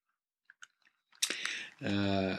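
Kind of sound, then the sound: human body sound, sipping water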